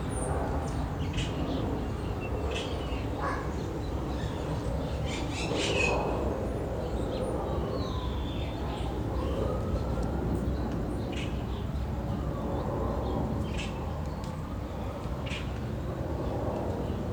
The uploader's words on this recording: Saturday morning in the backyard with planes and birds singing in Phoenix Arizona. The sun was shining, the Fall weather of 76 degrees, the birds chirping.